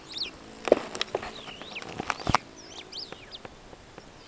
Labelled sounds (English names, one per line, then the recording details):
Superb Starling flight call
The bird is a male
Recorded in Kenya on 2 June 2010
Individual 62, of group MRCV